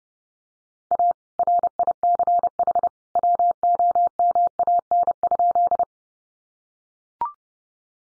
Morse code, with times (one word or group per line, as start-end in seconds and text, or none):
0.9-1.1 A
1.4-2.9 RICH
3.2-5.8 WOMAN?